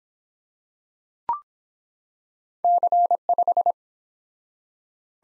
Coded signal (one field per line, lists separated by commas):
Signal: Morse code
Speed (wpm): 24 wpm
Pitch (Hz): 700 Hz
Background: none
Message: C5